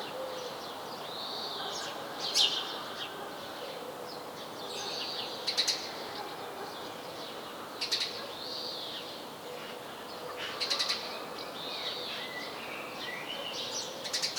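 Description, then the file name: House sparrow chirps, brief high descending notes repeated every few seconds, mixed with softer arched chirping notes and constant low hiss. "Passer domesticus"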